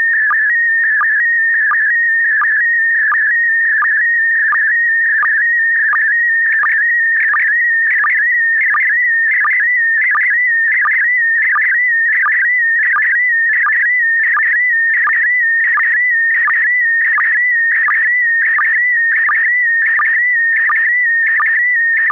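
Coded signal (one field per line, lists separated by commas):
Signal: SSTV (slow-scan television)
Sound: steady warbling tone shifting in pitch, with short low blips about every 0.7 seconds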